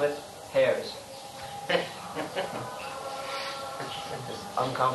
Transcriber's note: laughter